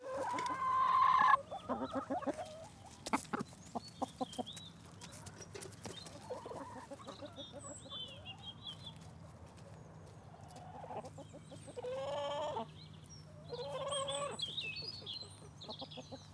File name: Chickens Waiting To Be Fed Farm Light Wind Bird Song